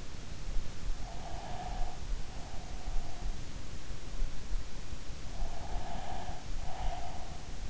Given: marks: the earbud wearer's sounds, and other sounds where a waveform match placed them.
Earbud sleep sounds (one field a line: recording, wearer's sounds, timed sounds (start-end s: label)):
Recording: sounds in sleep by an in-ear microphone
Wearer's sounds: breath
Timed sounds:
1.16-3.62 s: breath
5.50-7.70 s: breath